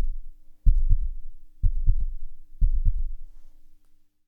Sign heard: Heartbeat.